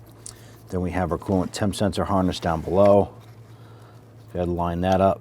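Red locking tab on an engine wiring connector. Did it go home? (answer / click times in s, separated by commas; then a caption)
yes / 0.3 s. A red plastic locking tab on an engine wiring connector for a 1999–2004 Jeep Grand Cherokee MAP sensor is pressed in after the connector is snapped on. It gives a short, sharp click at 0.3 s and the connector is seated. Someone then talks.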